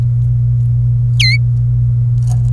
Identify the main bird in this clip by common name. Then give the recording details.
Domestic Canary. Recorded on 26 April 2018 at 16:25. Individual llb3